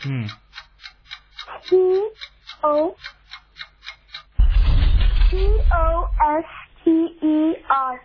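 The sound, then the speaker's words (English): A seven-second countdown clock in a spelling bee ticks steadily in fast, even clicks while a voice speaks over it, and a burst of rushing noise briefly swells partway through. “I'm sure you're hearing that 7 seconds also in the background.”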